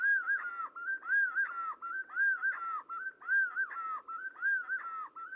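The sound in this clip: Black-fronted wood quail call in a repeated pattern of rounded, whistled phrases, each lasting about a second, in a steady rhythm.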